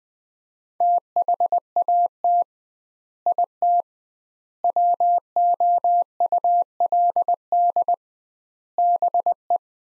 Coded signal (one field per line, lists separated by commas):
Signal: Morse code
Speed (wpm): 21 wpm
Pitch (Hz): 700 Hz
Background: none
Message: THAT IT WOULD BE